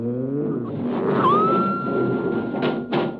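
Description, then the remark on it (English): A heavy sliding door to the main control room rumbles open, a rising whine settling into a steady high hum over a low grinding drone, then two short bursts of hiss. “Open the door, Volvo.”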